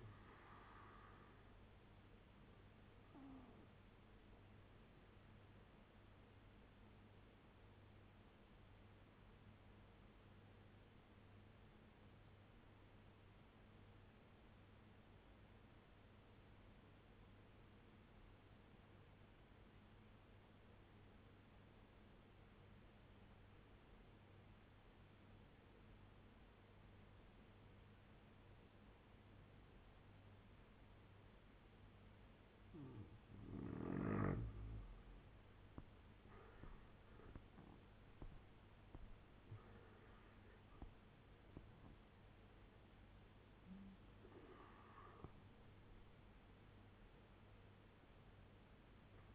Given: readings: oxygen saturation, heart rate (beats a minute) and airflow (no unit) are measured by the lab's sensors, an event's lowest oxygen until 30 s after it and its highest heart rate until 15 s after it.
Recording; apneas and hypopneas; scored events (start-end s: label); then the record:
breathing in sleep by a voice recorder at the bedside; 1
7.00-33.90 s: obstructive apnea (N1, oxygen 95% highest, then 84% lowest, heart rate 72 at the start, 88 highest)
12.00-42.00 s: new sleep stage, N2 (light sleep)
42.00-49.35 s: new sleep stage, N1 (lightest sleep)
From the record:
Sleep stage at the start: N1 (lightest sleep); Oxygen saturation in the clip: 84 to 95%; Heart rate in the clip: 67 to 88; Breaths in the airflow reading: 5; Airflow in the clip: -6.6 to 10.4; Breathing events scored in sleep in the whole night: 201 in 6.5 hours asleep